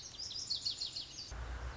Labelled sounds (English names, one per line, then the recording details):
Lazuli Bunting
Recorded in Sonoma County, California